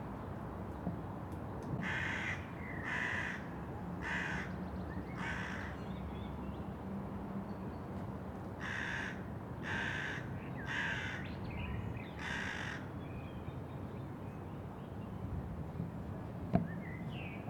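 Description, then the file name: Crow calls: two bursts of four raspy caws each, about a second apart, separated by a pause, over constant low background hum. "Crow Calling Caw"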